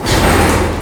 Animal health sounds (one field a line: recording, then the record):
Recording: squeal of a Yucatan mini pig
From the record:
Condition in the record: before surgery on the right vocal fold (resection and tissue-engineered implant)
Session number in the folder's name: 1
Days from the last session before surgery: -3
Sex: male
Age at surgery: 12 weeks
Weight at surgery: 13 kg